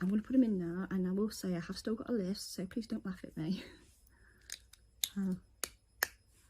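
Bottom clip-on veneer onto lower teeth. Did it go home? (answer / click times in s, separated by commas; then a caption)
yes / 5.6 s, 6.0 s. Someone talks, then presses a bottom clip-on veneer, a plastic dental shell, onto the lower teeth. Quiet taps lead to two sharp snaps at 5.6 s and 6.0 s as the veneer clicks into place and seats.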